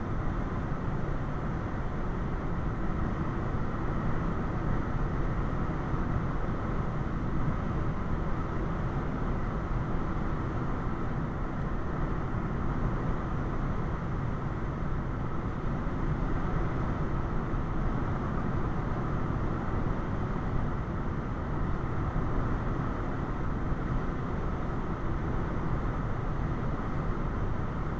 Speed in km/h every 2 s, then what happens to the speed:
89, 92, 95, 95, 95, 95, 95, 97, 97, 95, 95, 95, 95, 95.
0-4 speeds up to 95. 4-28 steady at about 95.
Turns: none.